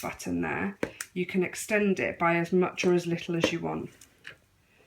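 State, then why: Seated. Someone talks as the button on the telescopic extension tube of a Miele Compact C2 PowerLine vacuum cleaner wand is pressed and the tube is extended. The length adjuster clicks into place at 4.3 s, seating the pole at a new length.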